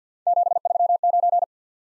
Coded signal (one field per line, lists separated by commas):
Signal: Morse code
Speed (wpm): 51 wpm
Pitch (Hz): 700 Hz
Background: none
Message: 739